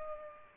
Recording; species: mosquito wingbeat signal from an infrared sensor; Culex pipiens